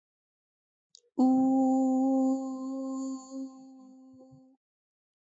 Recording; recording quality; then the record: sustained vowel as in boot; excellent, no background noise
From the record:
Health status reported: healthy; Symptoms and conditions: none ticked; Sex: female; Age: 25 years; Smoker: not ticked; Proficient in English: yes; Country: India